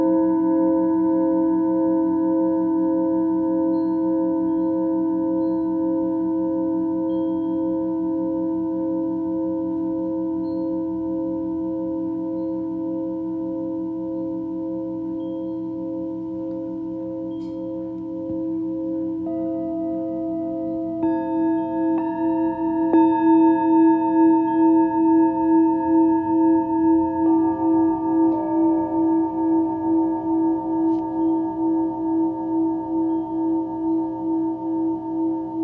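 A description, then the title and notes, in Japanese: Tibetan singing bowls and sanukite stones ring in long, overlapping sustained tones with a slow pulsing waver. The layered drone holds steady and gradually fades until about 20 seconds, when new higher strikes enter, and a louder cluster around 23 seconds thickens the shimmering sound. シンギングボウルのサウンドヒーリング。チベタンシンギングボウルとサヌカイト。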